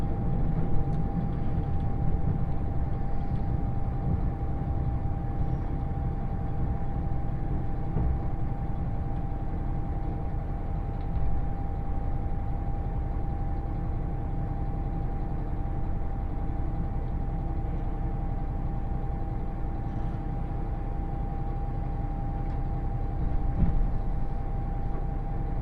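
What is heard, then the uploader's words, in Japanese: Inside the limited express Uwakai No. 5 on the Yosan Line, running from Iyo-Ozu toward Uwajima, a steady low rumble fills the whole stretch. A constant thin whine holds at one pitch throughout, with faint knocks and rattles scattered over the even roar. 予讃線特急宇和海5号 伊予大洲→宇和島。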